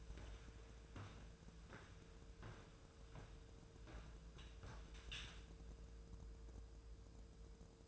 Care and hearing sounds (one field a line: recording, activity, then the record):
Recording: daily activity, microphone in the room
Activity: walk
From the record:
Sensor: 2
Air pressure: 1005.2 hPa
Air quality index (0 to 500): 102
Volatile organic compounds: 2 ppm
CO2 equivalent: 1238 ppm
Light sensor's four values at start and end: 8/20/8/8 and 8/20/8/8